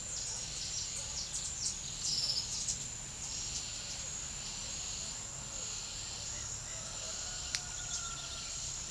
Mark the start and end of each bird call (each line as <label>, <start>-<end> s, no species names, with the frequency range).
bird call (3.8-9.0 kHz), 0.00-2.70 s
bird call (3.6-7.1 kHz), 3.28-4.16 s
bird call (0.2-4.6 kHz), 6.48-8.66 s